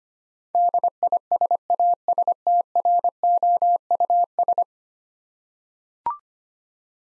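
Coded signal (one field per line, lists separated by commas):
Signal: Morse code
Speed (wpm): 25 wpm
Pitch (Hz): 700 Hz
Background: none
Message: DISASTROUS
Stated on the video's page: Morse practice drill of 10-letter words at 25 wpm, each word sent twice.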